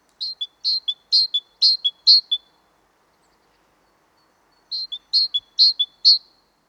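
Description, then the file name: Great tit singing bright two-note tea-cher phrases, five quick pairs, a pause, then four more pairs. "Parus major"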